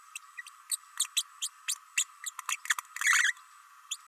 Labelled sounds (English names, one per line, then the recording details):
Green-rumped Parrotlet babbling
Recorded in a nest box in Venezuela
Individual 18B104A5